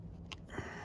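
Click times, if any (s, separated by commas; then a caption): 0.3 s. A plastic twist-lock dash light bulb socket is turned to release it from the instrument cluster housing. It gives a short, sharp click at 0.3 s as it comes undone, over a low background hum. The socket is released.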